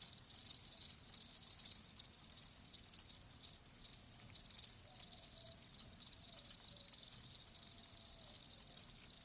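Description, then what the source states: Crickets chirping in irregular bursts during the first half, then a quieter steady trill continues. Live crickets chirping.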